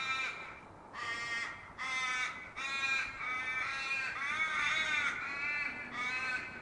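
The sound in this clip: Raven caws: a dense run of about eight harsh, nasal calls following closely one after another, some longer and wavering, with barely any gaps.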